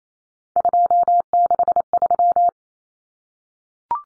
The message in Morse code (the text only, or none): 263